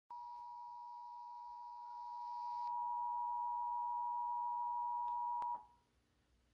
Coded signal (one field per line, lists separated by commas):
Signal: Emergency Alert System (SAME) tones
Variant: 853 and 960 Hz attention tone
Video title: EAS #1 TV Child Abduction Emergency 2/16/21 8:38 AM EST